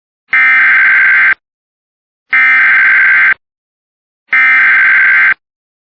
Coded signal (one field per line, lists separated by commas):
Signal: Emergency Alert System (SAME) tones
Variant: header bursts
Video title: Flood Warning EAS for West Virginia. 1/25/26